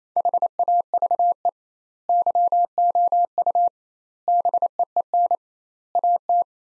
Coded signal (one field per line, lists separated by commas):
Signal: Morse code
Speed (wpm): 28 wpm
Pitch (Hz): 700 Hz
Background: none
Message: HAVE YOU BEEN AT